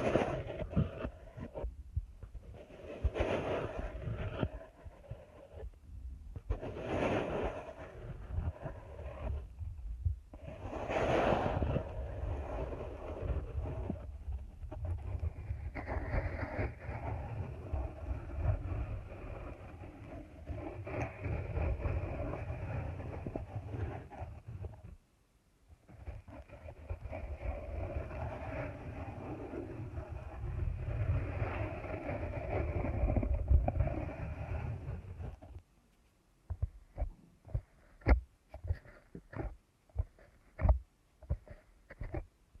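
Deep ear canal massage with dense, low rubbing and muffled rumbling, strong bursts near the start, then a pause and sparse tapping clicks.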